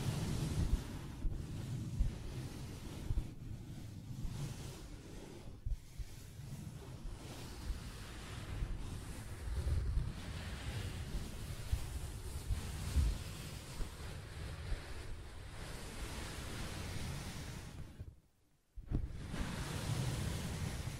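Soft fabric is scratched in a dense, steady, low rumbling rustle with faint taps throughout, broken by a brief silence near eighteen seconds.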